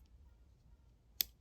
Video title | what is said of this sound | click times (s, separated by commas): Bibury Rescue Tool | You can kind of hear it snap into place. | 1.2 s